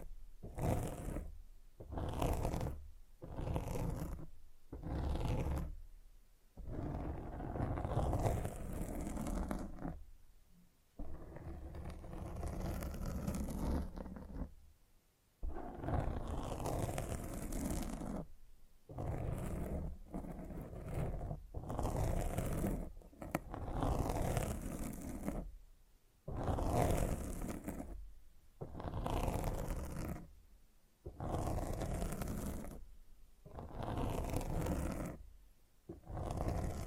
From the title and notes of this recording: ASMR Fall Asleep to Mic Scratching 1 Hour No Talking.